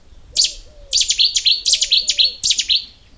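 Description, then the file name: Cetti's warbler song: a loud, explosive burst of sharp, ringing notes delivered in quick clusters, with a faint lower tone sounding underneath. "Cetiswarbler"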